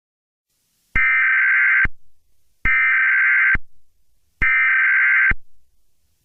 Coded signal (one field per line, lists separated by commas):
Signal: Emergency Alert System (SAME) tones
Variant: header bursts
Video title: EAS Scenario #26: BEES!